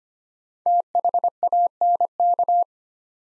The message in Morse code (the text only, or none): THANK